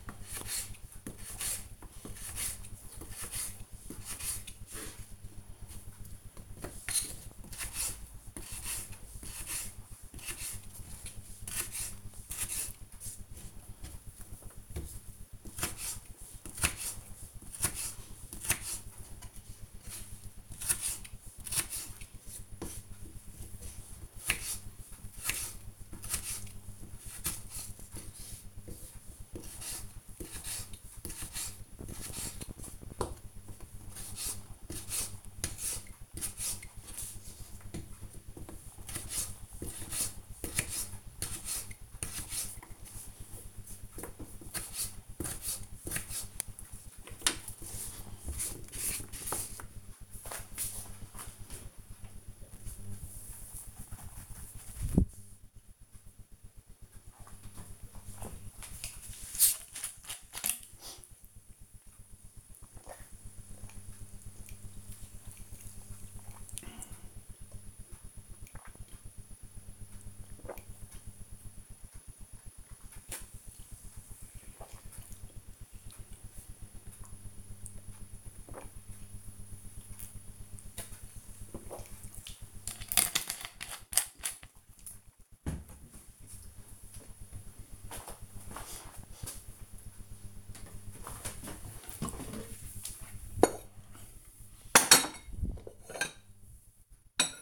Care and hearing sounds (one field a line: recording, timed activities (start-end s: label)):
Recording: household activities, microphone on the right wrist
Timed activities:
0.00-47.66 s: cutting vegetables
56.74-82.87 s: drinking
89.93-97.42 s: putting away the dishes